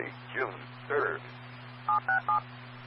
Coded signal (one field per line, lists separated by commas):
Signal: DTMF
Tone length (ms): 110 ms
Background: speech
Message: 767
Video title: 2014-06-03 - K0KKV 146.760 MHz Lincoln ARC Repeater